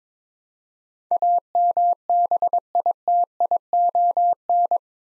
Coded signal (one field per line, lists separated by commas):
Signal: Morse code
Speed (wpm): 22 wpm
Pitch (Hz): 700 Hz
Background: none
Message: AMBITION